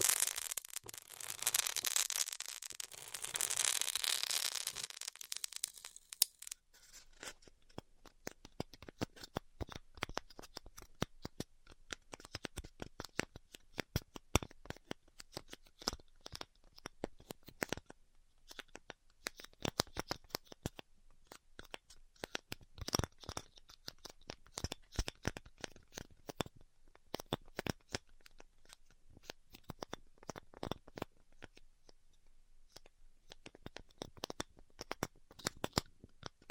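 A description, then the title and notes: Styrofoam being heat-cut: a loud bright hiss for six seconds, then dense rapid crackling snaps and ticks continuing steadily, close by. ASMR Styrofoam Heat Cutting (No Talking).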